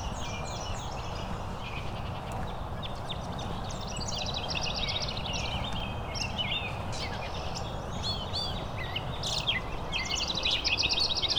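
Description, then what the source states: House Wren song: rapid bubbling, buzzy high trills in repeated bursts throughout, with a steady low rumble of background noise. Singing on a wide woodland trail at the edge of a lake.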